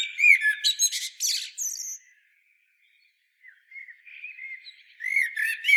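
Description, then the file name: Common blackbird song: a loud twittering burst, a silent gap, then soft fluty notes building into another squeaky phrase. "Turdus merula"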